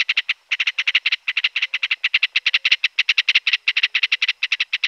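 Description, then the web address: Ringed kingfisher with a loud, rapid, rasping rattle broken into short runs by brief gaps. Pantanal, Brazil. "sescpantanal. Martim pescador grande"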